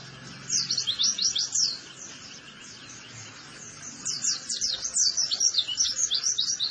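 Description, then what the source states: White-eye song in two bursts of quick, thin, high twitters separated by a short lull. Cage-bird training recording (masteran) of a vigorously singing (gacor) white-eye.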